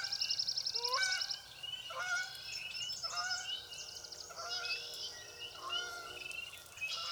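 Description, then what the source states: Goose: geese honking, a series of harsh, nasal calls, with a fast, high trill at the start. Geese calling as they fly by, recorded 17 April 2016.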